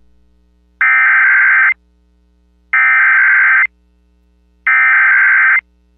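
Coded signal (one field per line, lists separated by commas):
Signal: Emergency Alert System (SAME) tones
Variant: header bursts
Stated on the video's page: Real EAS alerts personally captured during the December tornado outbreak affecting the New Orleans metro.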